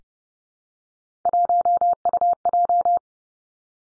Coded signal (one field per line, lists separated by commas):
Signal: Morse code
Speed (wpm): 30 wpm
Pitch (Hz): 700 Hz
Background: none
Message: 1UJ